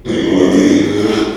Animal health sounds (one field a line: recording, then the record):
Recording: squeal of a Yucatan mini pig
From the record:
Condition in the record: after surgery on the right vocal fold (resection and tissue-engineered implant)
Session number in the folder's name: 2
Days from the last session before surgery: 13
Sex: male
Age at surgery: 12 weeks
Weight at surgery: 13 kg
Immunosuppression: cyclosporine, prednisolone